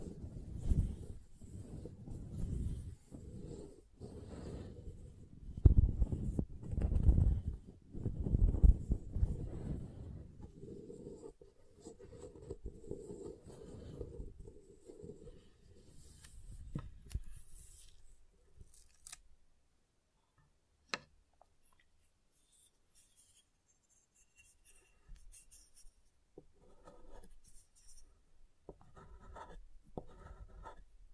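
Soap being tapped and carved, with dense, rough scraping and dull knocks through the first half, loudest from about five to nine seconds. After roughly seventeen seconds the carving thins out to sparse light clicks and taps, with one sharp tick near twenty-one seconds.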